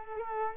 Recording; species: mosquito wingbeat signal from an infrared sensor; Culex quinquefasciatus